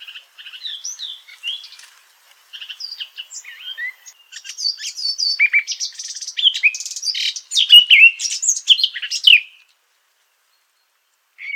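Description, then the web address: Eurasian blackcap warbling at length, a rapid, varied jumble of high chirps and scratchy notes that grows louder before stopping, then one short note. "sylvia atricapilla call"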